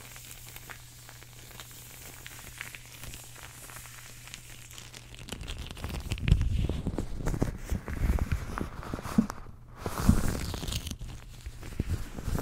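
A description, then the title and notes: Gloves being handled, with soft rubbing and rustling that stays quiet and sparse for the first five seconds. After that the handling grows busier and louder, with dense scrunching, stretching and small snaps, peaking around six and ten seconds. A low steady hum runs beneath most of it. GLOVE Sounds (Latex, Fabric, Etc.)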